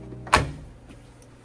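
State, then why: Seated. A wire spring clamp is stretched with pliers and pushed onto the rubber door boot of a Samsung washer during a front shock replacement. It snaps into place with one loud, sharp click at 0.3 s, followed by a short fading ring, and the clamp is seated.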